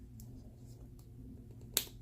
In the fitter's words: need to twist it in the direction of the arrows until it clicks and there's